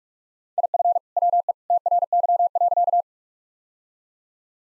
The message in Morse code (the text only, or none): IF WE TRY.